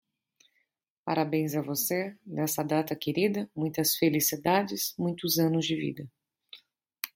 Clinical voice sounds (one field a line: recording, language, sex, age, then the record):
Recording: short text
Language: Brazilian Portuguese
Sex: female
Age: 30 to 39 years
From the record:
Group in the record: control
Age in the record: 35 years